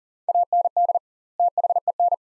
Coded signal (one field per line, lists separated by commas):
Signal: Morse code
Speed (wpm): 40 wpm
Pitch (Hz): 700 Hz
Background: none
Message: AND THEN